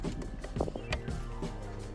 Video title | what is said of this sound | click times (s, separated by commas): Alfa Romeo Giulietta Dashboard Panel Wrap Removing Easy | Look underneath if you need to, and then it just pushes in and clicks straight back in. | 0.6 s, 0.9 s